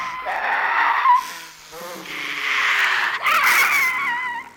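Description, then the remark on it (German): Towed cars, each tow vehicle pulling two, roll onto a used car dealer's lot at dawn with the last six cars. A steady engine rumble and gritty road noise are punctuated by high squealing tones like tires or brakes, rising and falling over a few seconds, with no voices. “bis sie mit den letzten sechs Wagen auf das Gelände des Gebrauchtwagenhändlers William McGuire einfahren konnten”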